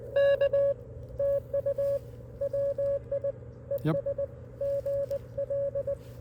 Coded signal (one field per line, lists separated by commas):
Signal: Morse code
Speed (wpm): 20 wpm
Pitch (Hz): 560 Hz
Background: none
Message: K TU WI ES GL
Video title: A pretty nice “ham shack” and we made a contact!